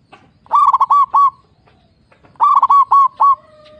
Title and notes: PERKUTUT LOKAL GACOR Suara KRISTAL LANTANG. Kicau Burung Perkutut